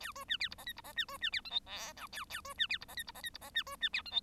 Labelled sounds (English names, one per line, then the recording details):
Bengalese Finch song
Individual Bird1